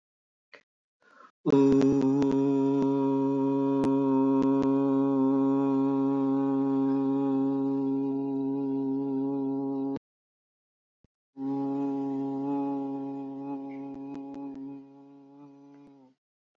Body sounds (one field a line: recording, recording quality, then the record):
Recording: sustained vowel as in boot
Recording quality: excellent, no background noise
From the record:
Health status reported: healthy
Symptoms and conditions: none ticked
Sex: male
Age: 43 years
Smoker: not ticked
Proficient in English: yes